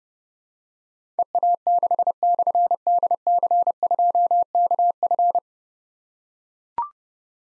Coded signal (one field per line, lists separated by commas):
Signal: Morse code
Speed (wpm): 29 wpm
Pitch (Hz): 700 Hz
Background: none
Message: EA6/DC2KF